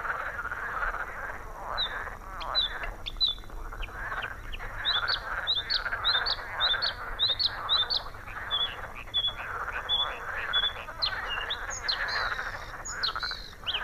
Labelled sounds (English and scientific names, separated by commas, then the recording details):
Bluethroat (Luscinia svecica) song
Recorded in the wild
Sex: male
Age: adult
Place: Gartz (Oder), Nationalpark Unteres Odertal, Brandenburg, DE
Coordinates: 53.1463, 14.366
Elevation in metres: 1
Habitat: meadow
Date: 2014-05-07 21:58
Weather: cloudy, 18°C, almost windless
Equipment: Sound Devices 702, Sennheiser MKH 70, Rycote Windschutz
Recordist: Frommolt, Karl-Heinz